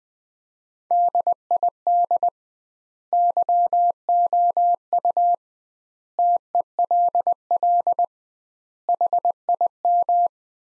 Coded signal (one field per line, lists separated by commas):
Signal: Morse code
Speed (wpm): 21 wpm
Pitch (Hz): 700 Hz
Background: none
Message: DID YOU TELL HIM